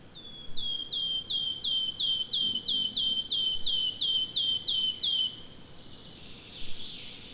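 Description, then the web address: Wood warbler song: a series of clear, down-slurred notes, about three per second, then stopping. Recorded 25 May 2020. "fagelljud 20200525-gronsangare"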